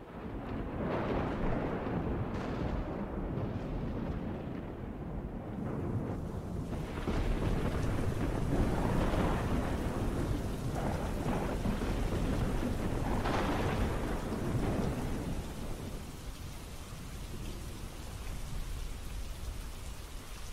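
Steady, heavy rain pours down in a dense hiss that holds for the whole stretch, with deep rumbling thunder swelling through the middle before easing off. No voices are heard.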